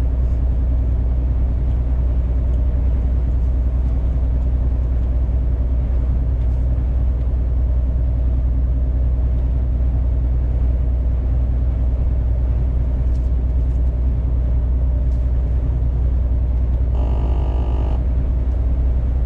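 A truck's engine drones steadily from inside the cab, a deep, heavy rumble with a low hum riding on top that holds even for the whole stretch. Near the end, around seventeen seconds, a short higher whine or beeping tone cuts in briefly.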